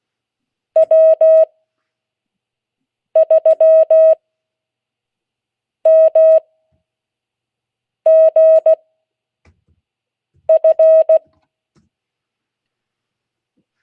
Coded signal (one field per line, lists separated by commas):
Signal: Morse code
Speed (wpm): 16 wpm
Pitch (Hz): 640 Hz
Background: none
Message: W3MGF